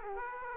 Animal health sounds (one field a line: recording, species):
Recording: mosquito wingbeat signal from an infrared sensor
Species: Aedes aegypti